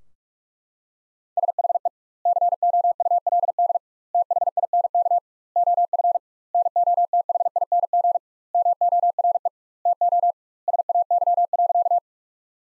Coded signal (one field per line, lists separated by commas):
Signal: Morse code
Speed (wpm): 41 wpm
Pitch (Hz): 700 Hz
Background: none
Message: SHE COULD THINK OF NOTHING MORE TO SAY.